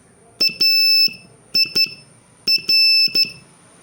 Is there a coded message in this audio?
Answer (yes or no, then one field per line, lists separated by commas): yes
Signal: Morse code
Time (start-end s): 0.4-3.2 s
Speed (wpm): 12 wpm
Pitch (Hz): 2650 Hz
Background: none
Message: AIR